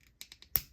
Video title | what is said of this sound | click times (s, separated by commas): OLIGHT FEBRUARY SALE | and you kind of hear it popping and then you can | 0.6 s